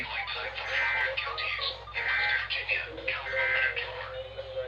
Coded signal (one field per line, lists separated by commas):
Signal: Emergency Alert System (SAME) tones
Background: speech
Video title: FFW on 11 stations and FFS on WDGG (6/15/25) EAS 3049-3061